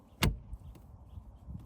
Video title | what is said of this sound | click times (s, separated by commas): Subaru Outback Dash Cam Install - Mangoal OEM Style Dash Cam #dashcam #mangoal | Make sure you have it lined up straight and good to go before you give it a solid push. You should hear it click in. | 0.2 s